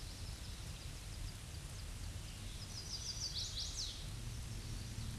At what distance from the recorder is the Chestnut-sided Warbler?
about 25 m